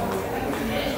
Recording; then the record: background sound without coughing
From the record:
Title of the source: 40 min - Ambience sounds UNIVERSITY lunchroom chatting